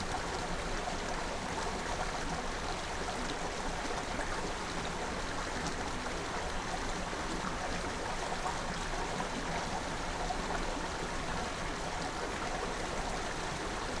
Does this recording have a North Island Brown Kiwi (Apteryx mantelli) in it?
no